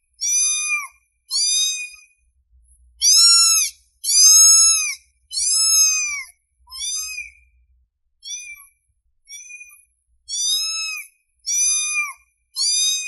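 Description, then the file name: Domestic cat with a long sequence of high, plaintive meows, varying from loud and drawn-out to short and faint, about once a second. Cute cat meowing. "Tieng meo keu de thuong"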